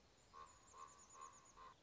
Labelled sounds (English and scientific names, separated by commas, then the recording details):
Common Raven (Corvus corax)
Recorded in Sonoma County, California